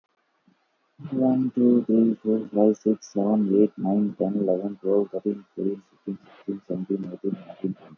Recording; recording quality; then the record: counting at a normal pace; excellent, no background noise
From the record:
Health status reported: healthy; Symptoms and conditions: none ticked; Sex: male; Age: 24 years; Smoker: not ticked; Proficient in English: yes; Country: India